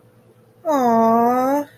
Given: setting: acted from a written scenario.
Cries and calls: vocal sound without words; adoration

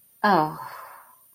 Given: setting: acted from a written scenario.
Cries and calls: vocal sound without words; shame

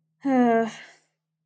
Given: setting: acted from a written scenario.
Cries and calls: vocal sound without words; contempt

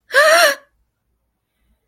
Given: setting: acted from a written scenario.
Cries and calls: vocal sound without words; elation

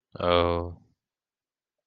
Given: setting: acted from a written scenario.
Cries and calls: vocal sound without words; sympathy

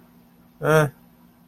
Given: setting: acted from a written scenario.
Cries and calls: vocal sound without words; neutral

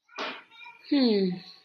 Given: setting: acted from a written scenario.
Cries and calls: vocal sound without words; disappointment

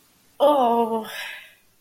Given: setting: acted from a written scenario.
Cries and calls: vocal sound without words; embarrassment

